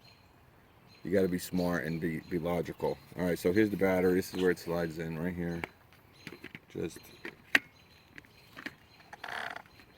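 A 20 V slide-in battery pack is handled at the battery mount of a DeWalt XR 20V brushless cordless string trimmer while someone talks. Speech fills the first half, followed by light handling taps and knocks, the sharpest at 7.5 s. The pack has not seated or clicked into the trimmer yet.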